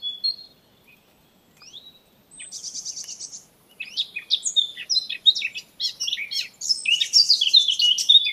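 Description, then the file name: Eurasian blackcap song: a few thin notes and a buzzy chatter, then a loud, hurried warble of varied whistled phrases over the last four and a half seconds. "Sylvia atricapilla"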